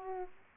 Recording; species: mosquito wingbeat signal from an infrared sensor; Aedes aegypti